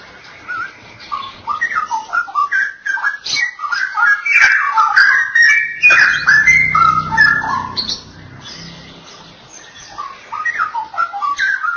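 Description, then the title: Oriental magpie-robin song, varied whistled phrases and chirps, with a low rumbling noise in the middle section before the singing resumes. "Kicau Kacer"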